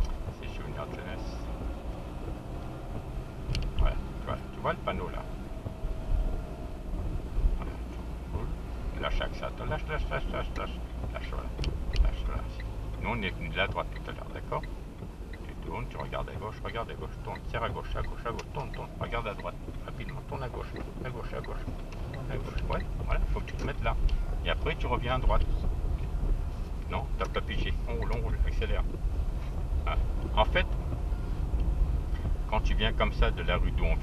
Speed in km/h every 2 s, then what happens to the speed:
32, 34, 33, 30, 31, 28, 25, 22, 15, 11, 18, 20, 22, 20, 23, 25, 23.
0-8 steady at about 32. 8-18 slows to 11. 18-23 speeds up to 22. 23-34 steady at about 23.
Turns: 15-21.